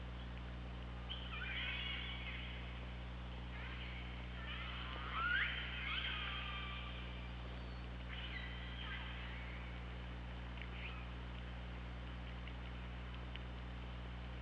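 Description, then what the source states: Killer whale calls: a run of pulsed, buzzy calls with short upsweeps, some faint and some stronger, spread throughout above a steady low hum. Recorded on the OrcaLab hydrophone, 24 August 2017, 15:25.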